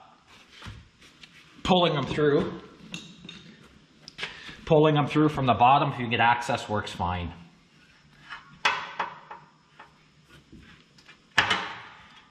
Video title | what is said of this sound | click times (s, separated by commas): Kubota l-2501 Finally Floomats. | can just hear them snap in, you can feel them. | 8.7 s, 11.4 s